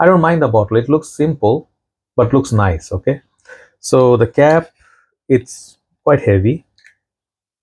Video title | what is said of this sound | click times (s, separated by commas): Lattafa Maison Alhambra Exquisite Prive Fragrance Review (2025) | Clicks into place. No. | none